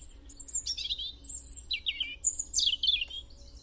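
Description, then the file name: European robin song with rapid, varied high whistles and cascading descending warbles in several bursts, over low steady background noise. "Erithacus rubecula"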